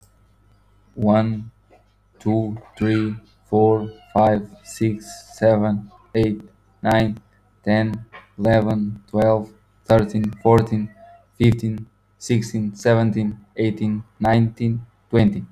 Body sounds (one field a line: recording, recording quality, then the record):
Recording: counting at a normal pace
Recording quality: excellent, no background noise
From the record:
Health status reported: healthy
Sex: male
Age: 30 years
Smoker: yes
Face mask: not worn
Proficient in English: yes